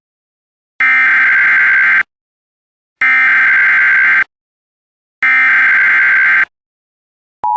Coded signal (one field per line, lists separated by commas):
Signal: Emergency Alert System (SAME) tones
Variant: header bursts